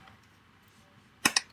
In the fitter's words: You hear that click on there, so it's just a matter of popping the 3 retaining screws in.